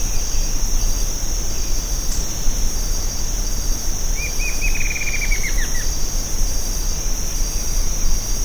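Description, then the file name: Bird giving a single fast trill of clipped notes that slides gently downward, set against a constant high-pitched insect hum and low rumble. "SABIOD 50 bird 2015"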